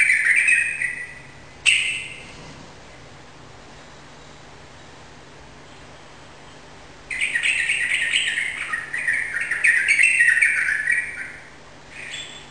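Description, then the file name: Yellow-vented bulbul song: two short bubbly bursts, a long pause, then a longer run of rapid, liquid chattering notes, with a faint steady hum beneath. Rapid song in the 'ropel' style, recorded indoors in a room; local Indonesian name trucukan. "suara burung trucukan ropel di ruangan"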